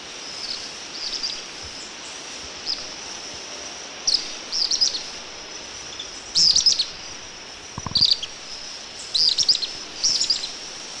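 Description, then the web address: Grey-rumped Swift calls: high, thin twittering chips in short bursts every second or two, over a steady high background drone. Eastern lowlands of South America. "Natures Songs S America Eastern Lowlands. Gray-rumped Swift"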